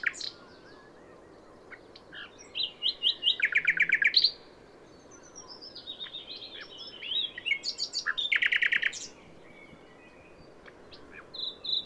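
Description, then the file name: Common nightingale singing varied phrases, fast buzzy trills and repeated chirps in bursts, separated by short silences, over faint background hiss. "Luscinia megarhynchos"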